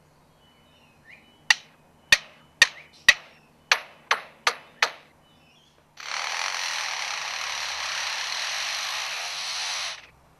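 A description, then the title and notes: A lyrebird imitates construction noises: two runs of four sharp, evenly spaced hammer-like bangs ring out over the first five seconds. After a brief pause, a steady, dense, hissing grind like a power saw runs loudly from about six to ten seconds. Lyrebird mimics construction sounds.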